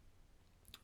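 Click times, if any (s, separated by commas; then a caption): 0.7 s. The propeller spinner of a scale model Spitfire is fitted onto the model's nose, held by magnets instead of 3D-printed fittings so it can be removed for transport. Against a quiet background, a faint tick at 0.7 s is followed by a sharper, brighter click at 0.7 s. The spinner snaps into place and stays held on the nose.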